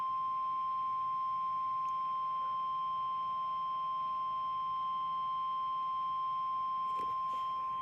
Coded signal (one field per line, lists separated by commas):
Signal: Emergency Alert System (SAME) tones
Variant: 1050 Hz attention tone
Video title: EAS #272-273: Required Weekly Test